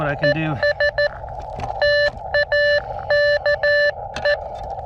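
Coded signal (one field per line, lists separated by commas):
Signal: Morse code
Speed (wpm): 14 wpm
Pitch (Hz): 590 Hz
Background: speech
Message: ES TAKE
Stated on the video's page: Morse from an Elecraft KX2 with AX1 antenna, low-power QRP operation.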